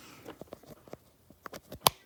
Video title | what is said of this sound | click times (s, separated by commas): unboxing the OwNN USB seed to lightning cable in red￼ | oh hear that click yeah | 1.9 s